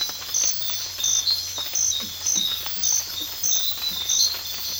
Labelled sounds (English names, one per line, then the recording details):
none
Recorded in secondary vegetation near Puerto Asís, Putumayo, Colombia, on 8 March 2025 at 05:00
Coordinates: 0.498, -76.327
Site G001